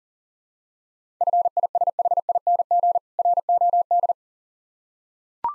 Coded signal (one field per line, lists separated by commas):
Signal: Morse code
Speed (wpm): 40 wpm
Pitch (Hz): 700 Hz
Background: none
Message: FISHING ROD